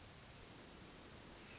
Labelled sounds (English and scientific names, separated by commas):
Hermit Thrush (Catharus guttatus)